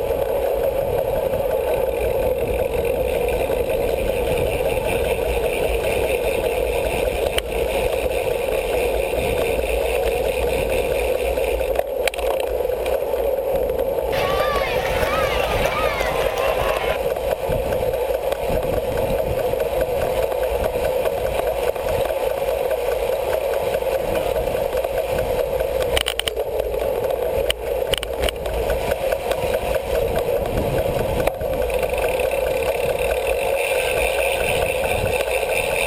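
Bike race sound, a steady dense roar with a strong low hum throughout, a brighter rushing burst around 14–17 seconds, and scattered clicks.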